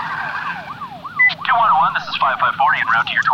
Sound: wheels screeching; the radio crackles again

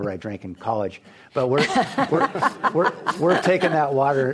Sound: laughter

